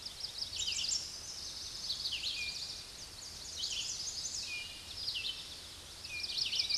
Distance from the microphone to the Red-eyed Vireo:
about 30 m